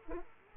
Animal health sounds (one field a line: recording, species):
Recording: mosquito wingbeat signal from an infrared sensor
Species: Aedes aegypti